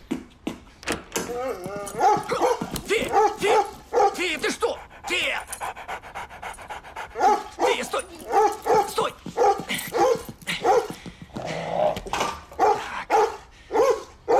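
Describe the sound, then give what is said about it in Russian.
An excited dog barks and yips in quick, uneven bursts while jumping up at a man and joyfully licking him, with eager panting and a few high whimpers in between, loud and lively throughout. “На него выпрыгивает собака, радостно облизывая его.”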